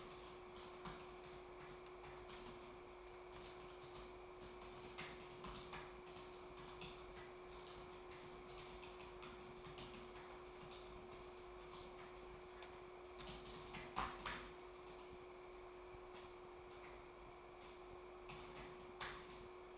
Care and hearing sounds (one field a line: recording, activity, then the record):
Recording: daily activity, microphone in the room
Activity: typing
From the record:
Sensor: 1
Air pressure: 1004.5 hPa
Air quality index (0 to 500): 196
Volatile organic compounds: 17 ppm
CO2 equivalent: 2592 ppm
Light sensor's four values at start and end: 4/11/4/4 and 4/11/4/4